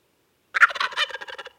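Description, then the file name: Wild turkey gobble, one quick bubbling rattle of roughly a second, strong and isolated in a quiet background. "Meleagris gallopavo - Wild Turkey"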